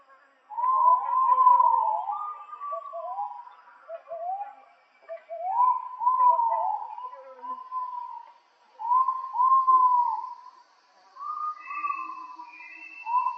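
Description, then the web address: Ivory-breasted pitta calling in rapid bursts of overlapping, slurred, hollow whistles, phrases tumbling over one another, with faint high tones at the end. Indonesia. "ULM-DS-Lab indonesian-bird-sounds. Pitta maxima"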